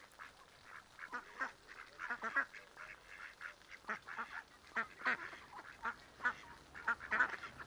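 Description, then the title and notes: Mallard quacks, a lively rapid series of repeated quacks and chattering calls throughout, several ducks calling together. Adults, half-grown and young ducklings with mothers on a small river in a park, Griñón, Madrid, Spain, Sunday afternoon; excited when people feed them, adolescent ducklings begging for food; Zoom H1n recorder. "Paseo de la Senda, Griñón, Madrid, España - Tarde en el parque del río con patos. patos griñon. Ánade Real (Anas platyrhynchos)"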